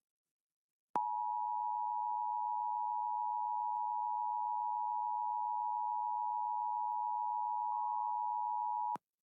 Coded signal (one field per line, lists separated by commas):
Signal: Emergency Alert System (SAME) tones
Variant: 853 and 960 Hz attention tone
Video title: San Francisco Required Monthly Tests on 5 TV Stations (EAS #6554-6559) 5/10/22